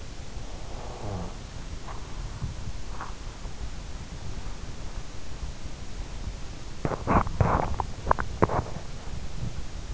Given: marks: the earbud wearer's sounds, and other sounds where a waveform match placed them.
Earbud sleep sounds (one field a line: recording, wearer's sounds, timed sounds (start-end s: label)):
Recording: sounds in sleep by an in-ear microphone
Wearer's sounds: snoring breath, body movement, teeth grinding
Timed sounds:
0.00-1.49 s: snoring breath
1.68-3.59 s: body movement
6.66-9.37 s: body movement
7.70-8.85 s: teeth grinding